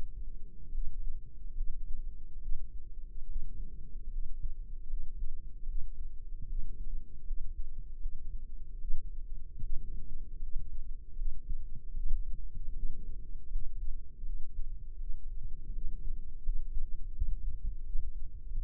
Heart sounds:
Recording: heart sounds by microphone in the left ear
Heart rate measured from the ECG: 77 bpm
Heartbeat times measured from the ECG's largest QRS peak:
0.69 s: heartbeat
1.52 s: heartbeat
2.38 s: heartbeat
3.24 s: heartbeat
4.08 s: heartbeat
4.85 s: heartbeat
5.64 s: heartbeat
6.45 s: heartbeat
7.22 s: heartbeat
7.97 s: heartbeat
8.76 s: heartbeat
9.58 s: heartbeat
10.38 s: heartbeat
11.14 s: heartbeat
11.92 s: heartbeat
12.71 s: heartbeat
13.47 s: heartbeat
14.21 s: heartbeat
14.96 s: heartbeat
15.70 s: heartbeat
16.41 s: heartbeat
17.11 s: heartbeat
17.82 s: heartbeat
18.53 s: heartbeat
From the record:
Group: healthy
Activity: rest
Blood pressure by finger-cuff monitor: 117/70 mmHg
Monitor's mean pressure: 87 mmHg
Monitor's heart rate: 78 bpm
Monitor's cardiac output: 7.3 L/min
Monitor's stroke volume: 97 mL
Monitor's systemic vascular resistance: 880 dyn s/cm5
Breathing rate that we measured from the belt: 20 breaths a minute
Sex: female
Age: 23 years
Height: 160 cm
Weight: 50.4 kg

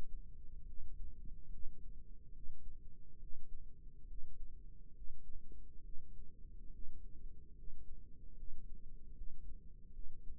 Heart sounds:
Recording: heart sounds by microphone in the left ear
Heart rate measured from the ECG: 71 bpm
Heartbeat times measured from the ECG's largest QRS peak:
0.63 s: heartbeat
1.48 s: heartbeat
2.31 s: heartbeat
3.17 s: heartbeat
4.05 s: heartbeat
4.92 s: heartbeat
5.80 s: heartbeat
6.69 s: heartbeat
7.52 s: heartbeat
8.33 s: heartbeat
9.12 s: heartbeat
9.90 s: heartbeat
From the record:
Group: healthy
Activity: rest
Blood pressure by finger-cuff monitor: 137/71 mmHg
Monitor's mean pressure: 88 mmHg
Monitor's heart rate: 70 bpm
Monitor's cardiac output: 5.6 L/min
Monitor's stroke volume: 81 mL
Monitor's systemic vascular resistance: 1160 dyn s/cm5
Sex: female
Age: 37 years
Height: 168 cm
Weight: 70 kg

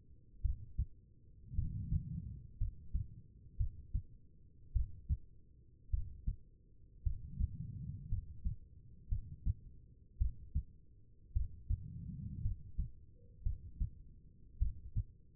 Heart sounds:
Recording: heart sounds by stethoscope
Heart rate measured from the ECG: 55 bpm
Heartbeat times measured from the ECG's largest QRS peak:
0.42 s: heartbeat
1.55 s: heartbeat
2.58 s: heartbeat
3.57 s: heartbeat
4.73 s: heartbeat
5.91 s: heartbeat
7.03 s: heartbeat
8.09 s: heartbeat
9.09 s: heartbeat
10.18 s: heartbeat
11.33 s: heartbeat
12.42 s: heartbeat
13.43 s: heartbeat
14.58 s: heartbeat
From the record:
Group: healthy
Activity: rest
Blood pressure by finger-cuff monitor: 88/58 mmHg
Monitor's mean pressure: 68 mmHg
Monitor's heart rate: 55 bpm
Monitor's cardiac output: 4.3 L/min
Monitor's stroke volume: 76 mL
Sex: female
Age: 36 years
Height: 163 cm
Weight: 88 kg

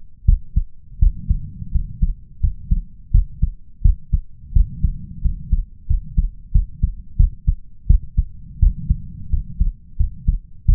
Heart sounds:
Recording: heart sounds by stethoscope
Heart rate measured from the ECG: 87 bpm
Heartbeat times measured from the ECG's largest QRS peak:
0.25 s: heartbeat
0.98 s: heartbeat
1.71 s: heartbeat
2.40 s: heartbeat
3.11 s: heartbeat
3.81 s: heartbeat
4.52 s: heartbeat
5.21 s: heartbeat
5.86 s: heartbeat
6.51 s: heartbeat
7.16 s: heartbeat
7.86 s: heartbeat
8.59 s: heartbeat
9.29 s: heartbeat
9.96 s: heartbeat
10.65 s: heartbeat
From the record:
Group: healthy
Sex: male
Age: 21 years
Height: 180 cm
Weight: 67.5 kg

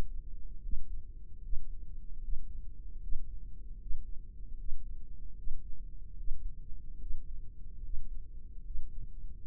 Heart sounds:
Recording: heart sounds by microphone in the right ear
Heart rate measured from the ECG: 75 bpm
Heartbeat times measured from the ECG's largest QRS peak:
0.62 s: heartbeat
1.42 s: heartbeat
2.21 s: heartbeat
3.00 s: heartbeat
3.79 s: heartbeat
4.57 s: heartbeat
5.36 s: heartbeat
6.16 s: heartbeat
6.99 s: heartbeat
7.82 s: heartbeat
8.63 s: heartbeat
9.44 s: heartbeat
From the record:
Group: healthy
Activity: breath hold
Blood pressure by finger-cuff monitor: 123/56 mmHg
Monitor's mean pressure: 76 mmHg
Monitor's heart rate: 75 bpm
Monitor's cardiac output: 7.6 L/min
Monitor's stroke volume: 101 mL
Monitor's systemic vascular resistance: 730 dyn s/cm5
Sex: female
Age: 32 years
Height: 168 cm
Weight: 61.9 kg

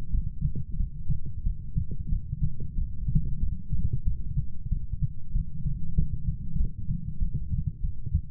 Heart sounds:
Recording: heart sounds by stethoscope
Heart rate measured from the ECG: 94 bpm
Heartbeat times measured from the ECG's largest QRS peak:
0.11 s: heartbeat
0.77 s: heartbeat
1.43 s: heartbeat
2.09 s: heartbeat
2.75 s: heartbeat
3.39 s: heartbeat
4.04 s: heartbeat
4.69 s: heartbeat
5.32 s: heartbeat
5.95 s: heartbeat
6.57 s: heartbeat
7.19 s: heartbeat
7.81 s: heartbeat
From the record:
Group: healthy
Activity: light exercise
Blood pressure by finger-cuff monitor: 111/75 mmHg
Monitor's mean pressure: 88 mmHg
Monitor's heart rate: 95 bpm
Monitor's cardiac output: 7 L/min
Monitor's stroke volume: 76 mL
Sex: female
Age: 32 years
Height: 172 cm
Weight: 71.7 kg

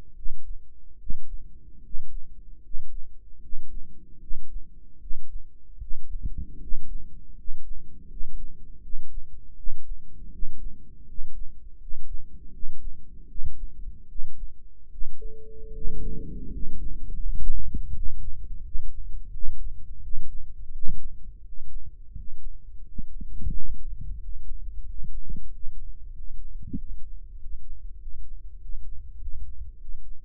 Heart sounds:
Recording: heart sounds by microphone in the right ear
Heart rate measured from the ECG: 83 bpm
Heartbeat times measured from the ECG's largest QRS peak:
0.14 s: heartbeat
0.97 s: heartbeat
1.81 s: heartbeat
2.61 s: heartbeat
3.40 s: heartbeat
4.19 s: heartbeat
4.99 s: heartbeat
5.79 s: heartbeat
6.59 s: heartbeat
7.34 s: heartbeat
8.07 s: heartbeat
8.81 s: heartbeat
9.55 s: heartbeat
10.30 s: heartbeat
11.05 s: heartbeat
11.78 s: heartbeat
12.50 s: heartbeat
13.26 s: heartbeat
14.07 s: heartbeat
14.89 s: heartbeat
15.71 s: heartbeat
16.49 s: heartbeat
17.20 s: heartbeat
17.91 s: heartbeat
18.62 s: heartbeat
19.31 s: heartbeat
20.00 s: heartbeat
20.70 s: heartbeat
21.41 s: heartbeat
22.11 s: heartbeat
22.80 s: heartbeat
23.48 s: heartbeat
24.15 s: heartbeat
24.81 s: heartbeat
25.45 s: heartbeat
26.09 s: heartbeat
26.72 s: heartbeat
27.34 s: heartbeat
27.95 s: heartbeat
28.56 s: heartbeat
29.16 s: heartbeat
29.76 s: heartbeat
From the record:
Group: healthy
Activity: rest 0-17 s, Valsalva maneuver 17-30 s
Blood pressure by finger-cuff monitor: 103/68 mmHg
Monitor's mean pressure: 75 mmHg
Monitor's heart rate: 82 bpm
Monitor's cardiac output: 6.3 L/min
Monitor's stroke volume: 79 mL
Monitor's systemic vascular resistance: 860 dyn s/cm5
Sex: male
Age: 35 years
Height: 180 cm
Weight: 86.9 kg

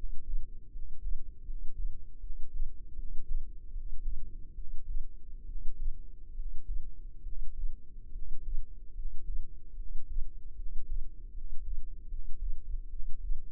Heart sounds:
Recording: heart sounds by microphone in the left ear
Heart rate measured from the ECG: 74 bpm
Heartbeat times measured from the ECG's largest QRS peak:
0.70 s: heartbeat
1.44 s: heartbeat
2.19 s: heartbeat
2.94 s: heartbeat
3.71 s: heartbeat
4.54 s: heartbeat
5.45 s: heartbeat
6.34 s: heartbeat
7.22 s: heartbeat
8.11 s: heartbeat
8.93 s: heartbeat
9.75 s: heartbeat
10.55 s: heartbeat
11.32 s: heartbeat
12.07 s: heartbeat
12.89 s: heartbeat
From the record:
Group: healthy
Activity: cold pressor test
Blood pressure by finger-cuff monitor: 112/76 mmHg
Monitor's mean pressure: 84 mmHg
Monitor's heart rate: 75 bpm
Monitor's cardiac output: 5.7 L/min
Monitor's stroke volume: 76 mL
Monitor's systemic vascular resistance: 1070 dyn s/cm5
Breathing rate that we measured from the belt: 23 breaths a minute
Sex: male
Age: 21 years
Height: 170 cm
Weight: 71 kg

